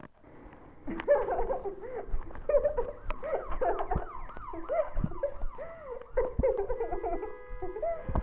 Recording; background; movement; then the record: laughter; traffic; sitting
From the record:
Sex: female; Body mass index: 18.8 kg/m2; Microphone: on the chest, facing the body